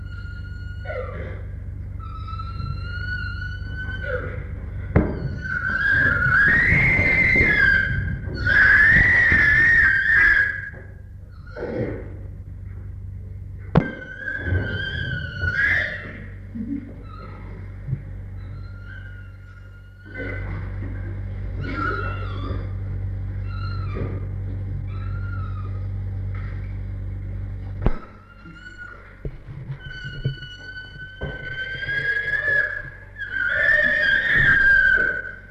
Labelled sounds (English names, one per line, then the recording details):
Chimpanzee
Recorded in captivity
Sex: diverse
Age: adult
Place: Tierpark Berlin, Berlin, DE
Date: 1961-01-23
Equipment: Smaragd
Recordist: Korde and Stein
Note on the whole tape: S 579 b): Monika: Trampeln; Orang (Jussub): Quieken; Susi: Freßlaute; Monika: Trampeln, Schreien; Susi: schreit; Monika: Trampeln, Futterbetteln; Orang: Quieken, wütend Betteln (Berufspraktikum-Protokoll)